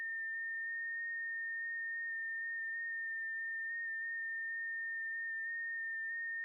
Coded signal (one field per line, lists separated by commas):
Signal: FT8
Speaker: Let's see if we can uh try to get Kilo 3 November Oscar Quebec. Also in Texas.